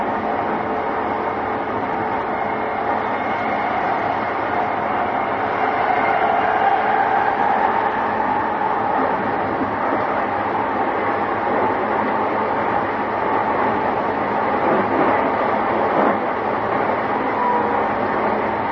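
A JR East E233 series train runs between Yokohama and Odawara, its steady rumble filling the whole clip at an even level. A thin whine rises slightly around six to nine seconds, and a few faint clicks and knocks from the rails come through underneath.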